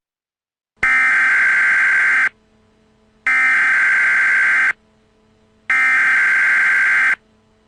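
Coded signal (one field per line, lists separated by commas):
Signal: Emergency Alert System (SAME) tones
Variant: header bursts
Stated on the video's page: Fictional EAS scenario.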